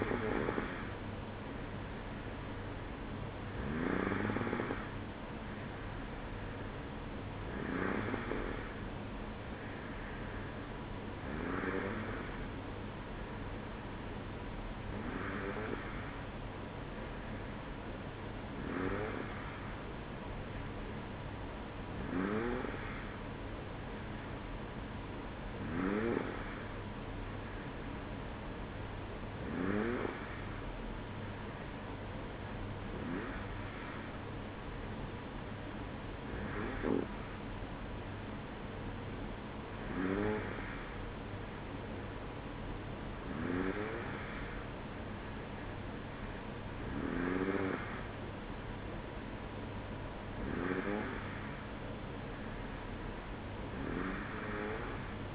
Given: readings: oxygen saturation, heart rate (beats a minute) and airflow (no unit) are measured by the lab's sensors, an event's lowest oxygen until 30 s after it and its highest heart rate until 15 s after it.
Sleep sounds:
breathing in sleep by a voice recorder at the bedside; none
none scored
From the record:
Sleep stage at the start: N2 (light sleep); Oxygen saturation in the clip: 93 to 94%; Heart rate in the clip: 53 to 58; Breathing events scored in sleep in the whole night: 305 in 9.6 hours asleep

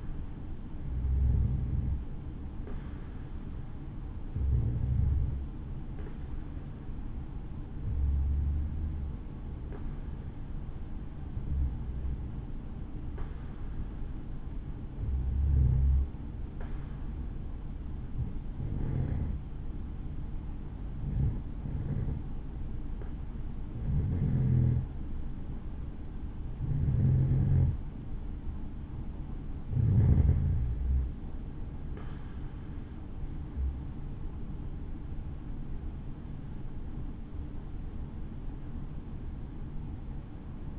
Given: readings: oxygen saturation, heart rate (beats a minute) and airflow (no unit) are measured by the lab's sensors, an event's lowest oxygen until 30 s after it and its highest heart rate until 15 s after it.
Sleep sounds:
breathing in sleep by a smartphone at the bedside; 1
13.00-27.10 s: hypopnea (N2, oxygen 93% highest, then 90% lowest, heart rate 64 at the start, 72 highest)
From the record:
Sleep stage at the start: N2 (light sleep); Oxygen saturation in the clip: 91 to 93%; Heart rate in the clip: 62 to 72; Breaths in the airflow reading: 12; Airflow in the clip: -7.1 to 8.3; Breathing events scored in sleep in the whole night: 216 in 7.0 hours asleep

